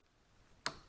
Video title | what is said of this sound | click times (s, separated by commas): How to change clutch plates on a Honda CBR 954rr | Click then you're okay | 0.7 s